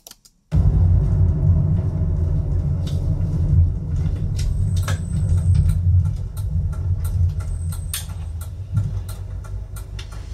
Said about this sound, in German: Das kann ich ja mal vorführen. Das Autofahrgeräusch, das kann man ja mal kurz andeuten.